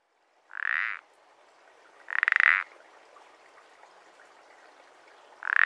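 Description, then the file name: Common parsley frog with three short creaky croaks at uneven intervals, over a soft hissing background. "pelodyte-ponctué"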